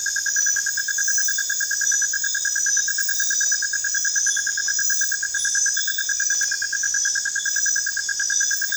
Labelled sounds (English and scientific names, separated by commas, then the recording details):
none
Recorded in dense forest near Puerto Asís, Putumayo, Colombia, on 27 June 2025 at 22:30
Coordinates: 0.468, -76.322
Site GP03